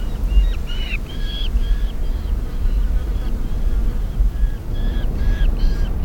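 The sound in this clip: Black falcon calling: a series of short, harsh notes over a steady low rumble.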